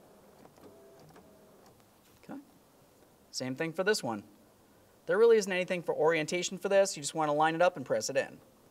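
A second plastic seat switch knob is lined up and pressed onto the power seat switch in the seat side trim panel of a 2002–2009 Chevrolet Trailblazer, with faint small handling taps before someone talks. The knob has not seated or clicked yet.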